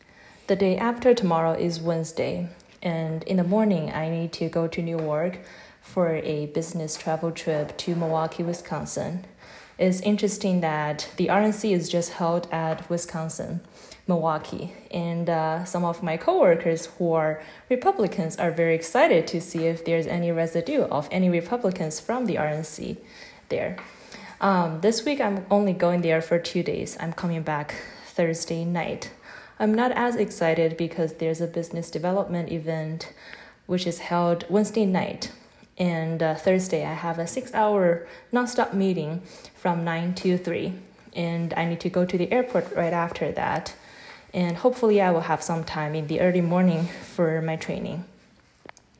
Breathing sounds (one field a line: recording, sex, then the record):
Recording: free speech after running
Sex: female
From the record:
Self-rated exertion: moderate exertion (3 of 6)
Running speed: 7 miles an hour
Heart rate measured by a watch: 97 beats a minute at the start, 92 at the end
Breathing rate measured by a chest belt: 8 breaths a minute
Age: 26 years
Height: 172 cm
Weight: 60 kg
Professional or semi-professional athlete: no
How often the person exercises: over 5 times a week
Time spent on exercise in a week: over 5 hours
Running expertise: yes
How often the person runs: 3 to 5 times a week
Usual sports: running, interval training, yoga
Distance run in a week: 50 km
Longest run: 21 km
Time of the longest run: 122 minutes